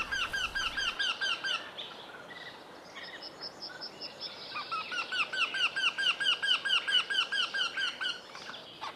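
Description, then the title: Eurasian wryneck song: two runs of evenly repeated nasal 'kee' notes, a short one and then a longer one, with faint chirps from other birds. Vocal in spring and early summer. "Viikon luontoääni: Käenpiika"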